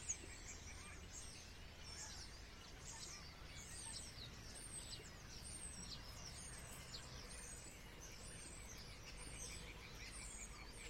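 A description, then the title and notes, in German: A flock of starlings chatters in the evening, a dense, unbroken mass of high whistles, clicks and squeaky calls overlapping throughout. Beneath the birds runs a steady low rumble, likely traffic, while the overall loudness stays even from start to finish. Stare am Abend. Mit meinem rauschärmsten Mikrophon aufgenommen.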